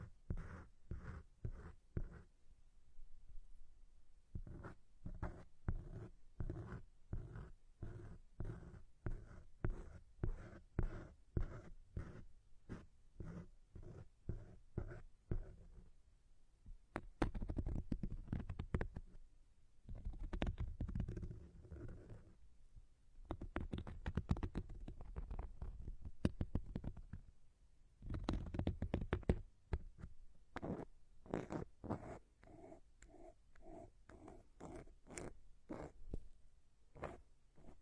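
Plants are rubbed in circles around the ears, making dense crackly rustling strokes in repeated bursts, with fuller rubbing stretches around 17–20 and 28 seconds.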